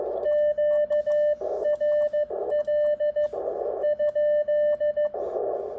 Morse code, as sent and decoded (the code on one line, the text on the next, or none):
--.- .-. .-.. / ..--..
QRL ?